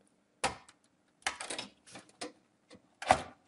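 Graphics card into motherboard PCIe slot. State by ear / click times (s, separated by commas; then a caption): seated / 3.1 s. A graphics card is pressed down into a motherboard's PCIe slot until it is fully home, making a series of sharp plastic-and-metal knocks and scrapes at about 0.5 s, 1.3 s and 1.4–1.6 s. The loudest sharp click comes at 3.1 s as the card locks into the slot and seats.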